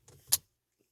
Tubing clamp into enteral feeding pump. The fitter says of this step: clan il doit tenir il tient tout seul une fois qu'il est bien clipsé